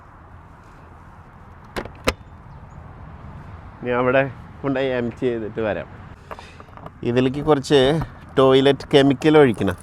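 A plastic toilet waste cassette is pulled out of its bay beneath the toilet in a motorhome, accessed from the outside hatch, and the toilet's shutter locks by itself as the cassette comes out. Two sharp hits sound at 1.8 s and 2.1 s during the withdrawal. Someone then talks, with a few faint taps around 6.3–6.9 s.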